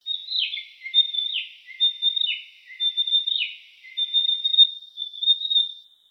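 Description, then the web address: Bird calling: a run of high, thin notes that drop sharply in pitch, repeated about once per second, linked by a steady high whistle. "Sound Effects-Foundation 1 BIRD 01 CALL 01"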